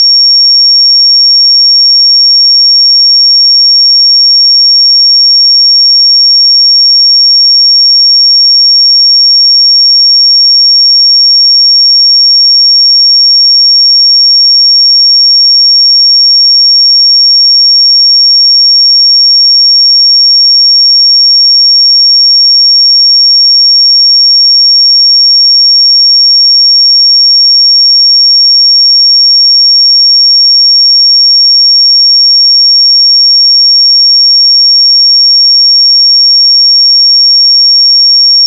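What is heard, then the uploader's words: A pure 5529 Hz sine tone holds perfectly steady for the whole clip, a single thin, piercing high pitch with no wavering. Its loudness stays constant from start to finish, with nothing else underneath it and no background sound. 5529 Hz 1 Hz Interval Sine Pure Tone Frequency 441000 Sample Mono.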